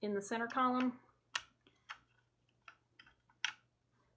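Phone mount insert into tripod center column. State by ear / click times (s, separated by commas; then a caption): seated / 3.4 s. Someone talks briefly, then the phone-mount piece of a Peak Design Travel Tripod is pushed back into the end of the tripod's center column and turned, with a few small clicks and taps. It locks with a sharp click at 3.5 s and is seated solidly in the column.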